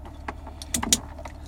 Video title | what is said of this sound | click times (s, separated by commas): How to install a aftermarket radio | you hear a click | 0.9 s